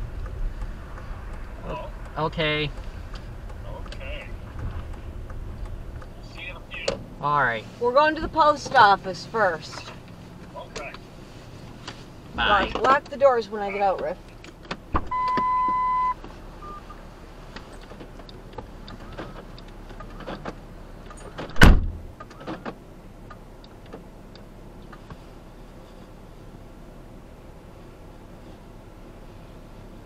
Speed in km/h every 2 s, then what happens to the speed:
10, 10, 8, 0, 0, 0, 0, 0, 0, 0, 0, 0, 0, 0, 0.
3-6 slows to 0. 6-30 standing.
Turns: 0-5.